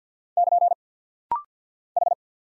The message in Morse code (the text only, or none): <KN> H